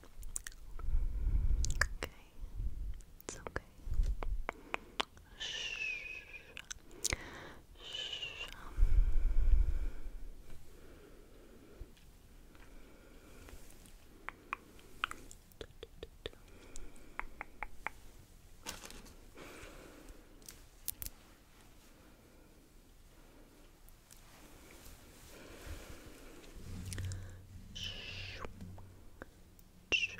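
Dry handling sounds of brushing and combing, with soft scratchy strokes and sharp clicks scattered through the clip. Low thumps and rubbing bursts come near 1, 9 and 27 seconds, with quieter stretches of small taps between.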